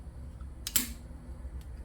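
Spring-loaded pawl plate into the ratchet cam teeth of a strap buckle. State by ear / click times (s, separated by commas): seated / 0.7 s, 0.8 s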